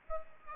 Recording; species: mosquito wingbeat signal from an infrared sensor; Aedes aegypti